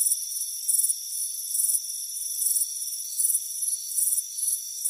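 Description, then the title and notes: Crickets chirping in a high-pitched chorus, pulsed bursts recurring irregularly over steady ringing trills, no other sounds. "Soothing Crickets Chirping Sound. It's a warm afternoon as you relax in a hammock on the front porch. Relax and fall asleep to the soothing sound of chirping crickets. Deep Sleep Sounds"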